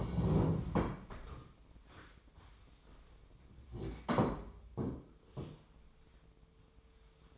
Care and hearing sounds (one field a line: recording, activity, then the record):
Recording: daily activity, microphone in the room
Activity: stand up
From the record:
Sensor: 1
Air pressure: 1005.2 hPa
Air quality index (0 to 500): 124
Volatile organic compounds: 5 ppm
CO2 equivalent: 1737 ppm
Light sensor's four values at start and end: 11/27/11/12 and 11/27/11/11